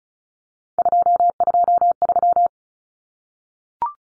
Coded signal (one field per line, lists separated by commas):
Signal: Morse code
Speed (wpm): 34 wpm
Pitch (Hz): 700 Hz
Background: none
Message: 223